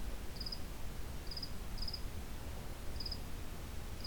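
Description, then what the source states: Cricket chirping: brief high trilled pulses repeated at uneven intervals over a steady low background rumble. Late June.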